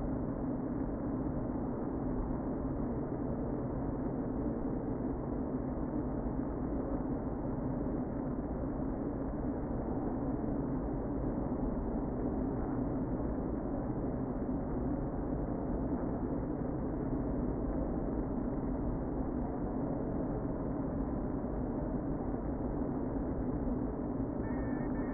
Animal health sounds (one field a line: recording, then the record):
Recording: honeybee colony, microphone inside the hive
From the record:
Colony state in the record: queen present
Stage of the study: before two queens were removed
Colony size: about 60,000 bees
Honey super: yes